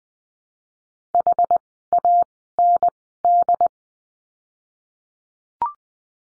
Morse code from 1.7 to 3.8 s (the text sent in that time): A N D